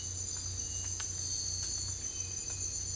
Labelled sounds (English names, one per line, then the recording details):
none
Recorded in secondary vegetation near Puerto Asís, Putumayo, Colombia, on 22 December 2024 at 03:00
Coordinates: 0.481, -76.318
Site G042